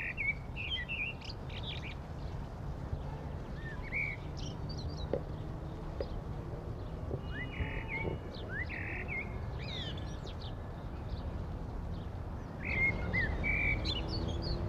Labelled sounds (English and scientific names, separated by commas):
Common Blackbird (Turdus merula) song